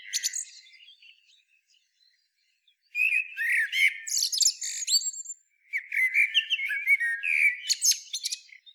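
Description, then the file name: Common blackbird song: a brief squeaky twitter, a pause, then rich fluted warbling mixed with thin, scratchy high twitters in quick, uneven phrases. "Turdus merula"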